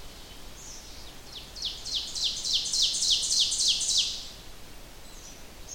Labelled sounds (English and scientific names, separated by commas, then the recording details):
Ovenbird (Seiurus aurocapilla) song
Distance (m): 20 m
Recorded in boreal forest in Alberta, Canada, on 29 June 2016 at 08:56
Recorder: SongMeter 3, array SBT-6-79
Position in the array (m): 230 m, 46 m
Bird 39